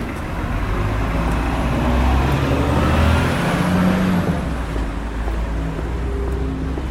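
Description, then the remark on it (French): A steady, loud engine rumble with road noise as a city bus on line C2 drives along in Dunkirk, low droning tones shifting slightly in pitch over about seven seconds, with no voices. “Vous savez ce que ça me fait depuis 48 heures qu'on prend le bus à Dunkerque, moi qui viens d'une ville où les transports sont payants.”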